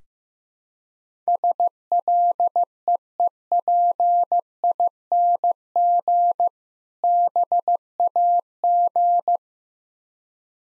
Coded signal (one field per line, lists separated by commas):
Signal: Morse code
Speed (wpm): 15 wpm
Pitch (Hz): 700 Hz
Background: none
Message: SLEEPING BAG